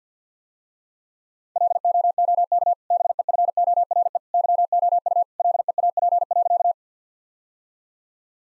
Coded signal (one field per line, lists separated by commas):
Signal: Morse code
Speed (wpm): 50 wpm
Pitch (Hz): 700 Hz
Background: none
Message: LOOK BEFORE YOU LEAP.